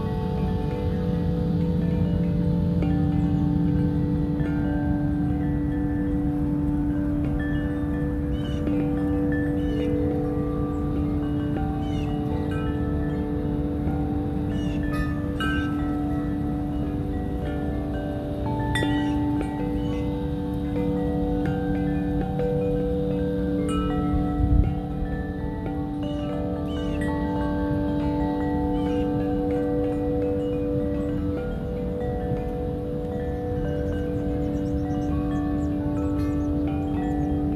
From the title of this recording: Chime tree